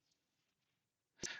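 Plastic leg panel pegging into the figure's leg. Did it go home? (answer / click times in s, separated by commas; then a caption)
yes / 1.2 s. Plastic leg panels on a Transformers Legacy United Cybertron Starscream action figure are closed during transformation and peg into the leg. After about a second of near silence, a single sharp plastic click sounds at 1.3 seconds, followed by a brief bright tail. The panels peg into place.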